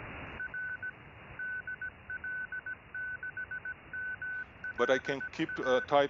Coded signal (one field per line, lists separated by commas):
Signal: Morse code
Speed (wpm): 17 wpm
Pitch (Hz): 1500 Hz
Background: speech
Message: R DL6MLA